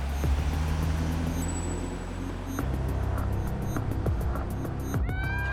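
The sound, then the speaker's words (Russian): A car engine rumbles in a steady low drone that shifts partway through, with a thin high whine in the middle and a short rising squeal near the end, as the car drives away. “Машина Глеба уезжает.”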